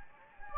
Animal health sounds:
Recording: mosquito wingbeat signal from an infrared sensor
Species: Anopheles gambiae

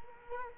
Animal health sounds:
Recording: mosquito wingbeat signal from an infrared sensor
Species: Culex quinquefasciatus

